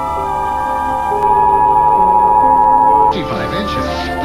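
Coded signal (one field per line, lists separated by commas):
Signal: Emergency Alert System (SAME) tones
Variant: 853 and 960 Hz attention tone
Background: speech, music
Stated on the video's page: Fictional EAS scenario, a mock.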